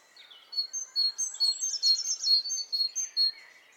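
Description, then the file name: Great tit calls: a rapid run of bright, short high notes, with a brief chattering flourish in the middle. "Parus major"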